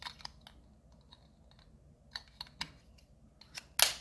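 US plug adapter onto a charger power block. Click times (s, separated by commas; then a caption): 3.8 s. A US plug adapter is slid onto a charger power block, with a few light clicks and taps from about 0.2 to 2.6 s as it is handled and lined up. It then snaps firmly into place with a sharp, loud click at 3.8 s, and the adapter is seated on the block.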